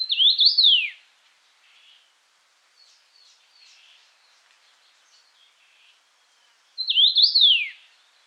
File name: Louis A Hansen - Obyknovennaya chechevica Carpodacus erythrinus